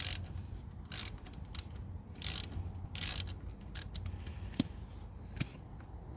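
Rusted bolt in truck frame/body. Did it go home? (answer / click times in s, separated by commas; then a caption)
no / 0.9 s. A ratchet works a stuck, rusted bolt in the frame or body of an old, abandoned U-Haul box truck. Bursts of ratchet clicking repeat across the clip, with a sharp snap at 0.9 s as the bolt gives and strips out.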